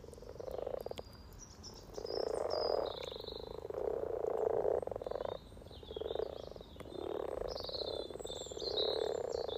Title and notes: Frog chorus captured on 17th March 2023, Freshfield Formby Merseyside, UK